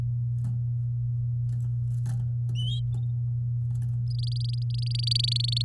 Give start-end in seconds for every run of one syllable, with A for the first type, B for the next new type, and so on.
4.10-5.62 A